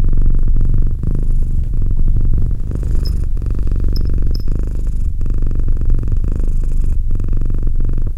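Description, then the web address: Domestic cat purr, a dense low vibrating rumble almost without pause, a few faint high clicks in the middle. "Cat Purr 201308 Cat purr"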